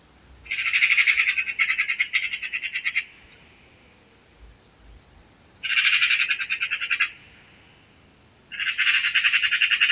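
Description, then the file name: Eurasian magpie chattering in three loud, dry rattling bursts, the first lasting over two seconds, separated by quiet pauses. "Pica pica"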